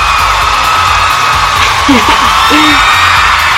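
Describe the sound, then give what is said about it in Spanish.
An ovation for a listener's comment: a steady, dense roar of crowd applause and cheering fills the whole stretch, with a few rising whoops and shouts breaking through near the middle. “Una ovación, por favor.”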